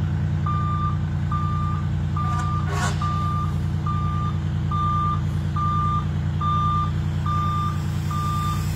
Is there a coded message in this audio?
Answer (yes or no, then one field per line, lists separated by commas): no